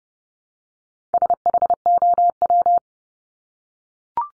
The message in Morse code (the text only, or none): SHOW